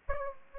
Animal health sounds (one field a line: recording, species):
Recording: mosquito wingbeat signal from an infrared sensor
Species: Aedes aegypti